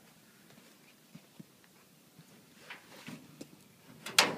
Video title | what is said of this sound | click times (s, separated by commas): How to assemble ANE Built Lateral Filing Cabinet Part 2 of 2 | and until you hear the click one side then you can go the other side again | 4.2 s